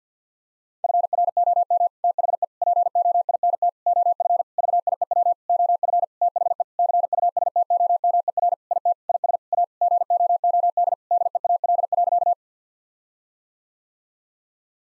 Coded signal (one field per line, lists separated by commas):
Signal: Morse code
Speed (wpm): 50 wpm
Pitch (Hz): 700 Hz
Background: none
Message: FROM THE POINT OF VIEW OF THE CUSTOMER IT IS A GOOD DEAL.